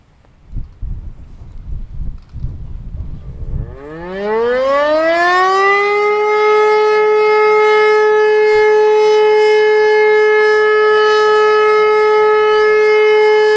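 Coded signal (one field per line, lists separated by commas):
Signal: siren signal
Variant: E57 electromechanical siren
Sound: wind and rustling, then a siren winding up and holding a steady loud wail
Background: wind noise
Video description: Monatliche Sirenenprobe aller Sirenen der Stadt Niederkassel am 2. Samstag im Monat um 11.15 Uhr.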